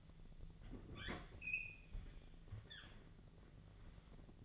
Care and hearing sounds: daily activity, microphone in the room; open fridge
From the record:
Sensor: 4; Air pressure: 1000.9 hPa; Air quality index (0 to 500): 132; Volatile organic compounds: 2 ppm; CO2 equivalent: 987 ppm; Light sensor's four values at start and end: 30/73/31/33 and 28/67/28/30

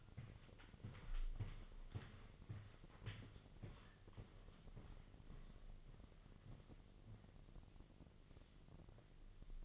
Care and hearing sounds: daily activity, microphone in the room; walk to room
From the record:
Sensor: 4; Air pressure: 1000.3 hPa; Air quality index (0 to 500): 210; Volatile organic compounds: 20 ppm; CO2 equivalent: 2705 ppm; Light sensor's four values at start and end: 9/20/8/8 and 9/21/8/8

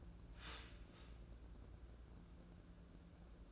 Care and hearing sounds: daily activity, microphone in the room; start toaster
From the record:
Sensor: 2

